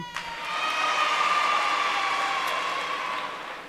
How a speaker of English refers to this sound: This is probably a sure way to get applause, but I was born in Brooklyn.